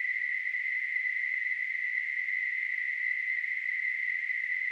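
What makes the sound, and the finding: Device. Tinnitus simulation.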